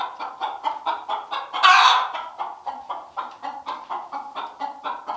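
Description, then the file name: Chicken clucking in a steady run of short, throaty notes, about four a second, with one louder, harsher squawk near the two-second mark. Hen. "Odgosy zwierzat- kura"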